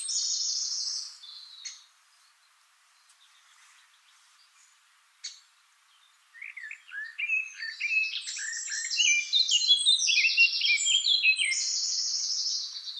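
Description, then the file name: Eurasian blackcap song, a brief high buzzy phrase, several seconds of near silence with a few clicks, then a long, rich, rapid warble of varied notes. "Sylvia atricapilla"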